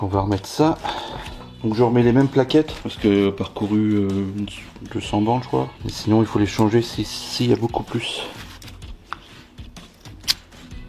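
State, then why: Not seated. While the rear brake calipers on a 2003 Laguna 2 phase 1 1.9 dCi are being replaced, the reused rear brake pad with its metal spring clip is handled for fitting onto the caliper piston as someone talks. Two brief sharp sounds occur at about 9.1 s and 10.3 s. The pad has not clipped onto the piston yet.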